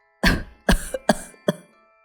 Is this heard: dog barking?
no